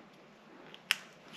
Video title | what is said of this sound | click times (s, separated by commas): How To remove the speaker on air tags - Why do I need to remove the speaker on Air Tags? | and three clicks | 0.9 s